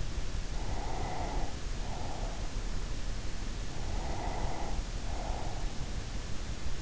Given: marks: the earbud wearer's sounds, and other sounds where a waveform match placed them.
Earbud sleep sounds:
sounds in sleep by an in-ear microphone; breath
0.18-2.73 s: breath
3.73-5.96 s: breath

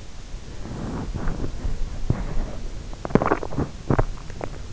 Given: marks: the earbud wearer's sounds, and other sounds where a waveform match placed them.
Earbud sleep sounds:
sounds in sleep by an in-ear microphone; body movement, swallowing
0.12-4.44 s: body movement
2.88-4.73 s: swallowing

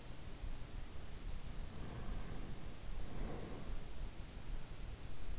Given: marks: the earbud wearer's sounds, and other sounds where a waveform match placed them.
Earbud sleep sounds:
sounds in sleep by an in-ear microphone; breath
1.72-3.69 s: breath

